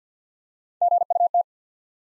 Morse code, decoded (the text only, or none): G U T